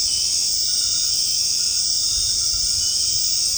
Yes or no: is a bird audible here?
no